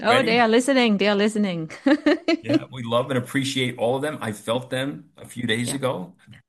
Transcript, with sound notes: listening. They are listening (laughs) .
Yeah. We love and appreciate all of them. I felt them a few days ago-